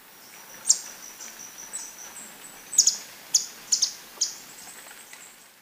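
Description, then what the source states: Handsome flycatcher: thin, very high, sharp chips, one alone and then a loose cluster of several, over steady background hiss. Ecuador, South America.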